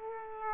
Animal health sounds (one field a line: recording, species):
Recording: mosquito wingbeat signal from an infrared sensor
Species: Aedes aegypti